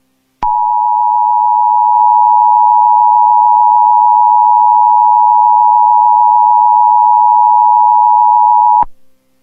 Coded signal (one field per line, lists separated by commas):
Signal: Emergency Alert System (SAME) tones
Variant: 853 and 960 Hz attention tone